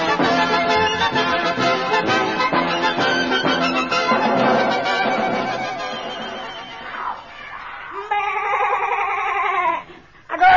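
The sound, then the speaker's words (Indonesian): A goat bleats over and over in loud, nasal, quavering cries, ending with one long wavering bleat before a brief pause and a final burst. “Kau kambing, kau harus mengembet.”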